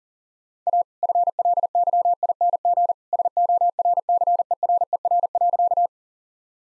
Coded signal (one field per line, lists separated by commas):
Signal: Morse code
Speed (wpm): 40 wpm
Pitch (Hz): 700 Hz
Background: none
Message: A FLYING SORCERER.